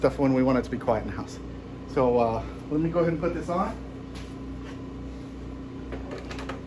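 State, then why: Not seated. A plastic nozzle attachment is picked up and lined up on a leaf blower tube while someone talks. A steady low hum runs underneath, and small handling knocks are heard near the end, around 5.9 to 6.7 seconds. Nothing has clicked or seated yet.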